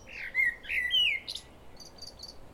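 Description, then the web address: Common blackbird song, a few sweet descending whistled notes followed by soft high twitters. "pub SETE data Turdus merula"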